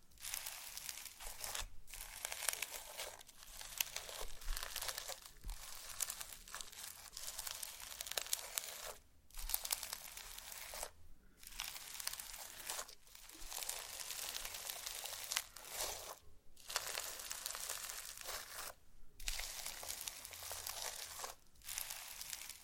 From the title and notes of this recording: ASMR SLIME! 5 Satisfying Slimes.